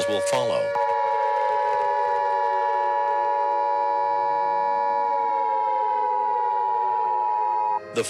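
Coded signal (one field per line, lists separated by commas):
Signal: Emergency Alert System (SAME) tones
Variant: 853 and 960 Hz attention tone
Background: speech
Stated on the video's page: Sirens from fan-made EAS scenario videos, which may contain valid EAS tones.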